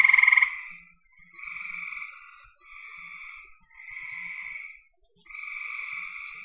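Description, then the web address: Frog calling: one loud rapid pulsed trill at the start, then several fainter trilled calls, with a steady high hiss behind. "cn frogs"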